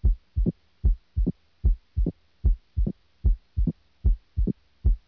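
Regular paired heart sounds at about 75 a minute. The second sound of each pair is sharp and high-pitched, an opening snap as heard in mitral stenosis.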